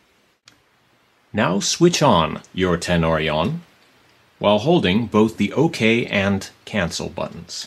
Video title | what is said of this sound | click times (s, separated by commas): Tenori-On 2.1 and TNR-i iPad App Review - Part A - OS Update - How To | press it until it clicks into place | 0.5 s